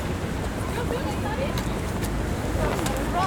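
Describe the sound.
A steady gust of wind blows across Mont-Royal, the hill overlooking Montreal, in bad weather, a rough low rumble buffeting the microphone throughout, with faint snatches of voices underneath.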